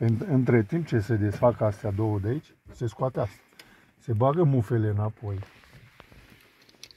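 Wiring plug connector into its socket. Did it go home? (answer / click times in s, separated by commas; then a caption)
yes / 6.7 s, 6.8 s. Someone talks for the first five seconds while the screws and plastic cover are removed, then wiring plug connectors are pushed back into their sockets by hand. Sharp clicks are heard at 6.7 s and 6.8 s as a connector seats in its socket.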